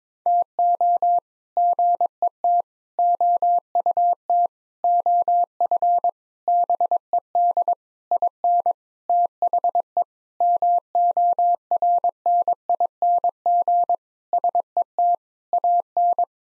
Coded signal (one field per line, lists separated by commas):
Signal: Morse code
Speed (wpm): 22 wpm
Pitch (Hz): 700 Hz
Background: none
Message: TO GET OUT OF BED IN THE MORNING SET AN